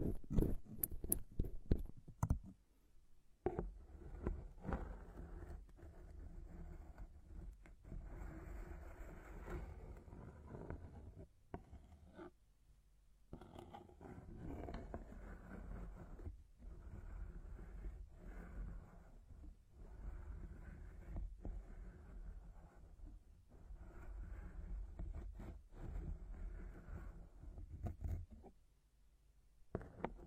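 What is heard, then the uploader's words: Plants rub in circles around the ears, a dense low rustling and crunching with sharp bursts early on and brief silent pauses. Massage the ears with plants, make circles around your ears.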